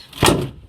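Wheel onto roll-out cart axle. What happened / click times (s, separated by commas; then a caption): The wheel snapped onto its axle / 0.2 s. The second ten-inch SSI Schaefer new-style wheel is snapped onto the axle of a roll-out trash cart while a foot holds it in place. A sharp, broadband snap rings out at 0.3 s as the wheel clicks and seats onto the axle, followed by a faint short tick near the end.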